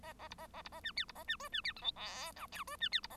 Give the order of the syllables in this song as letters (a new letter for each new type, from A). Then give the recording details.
A A B A A B A C D B A C E C D F G H I J E C D B A. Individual Bird1